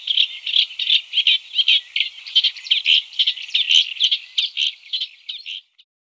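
Caspian reed warbler chattering song of harsh repeated notes in an even rhythm, stopping abruptly just before the end, then silence.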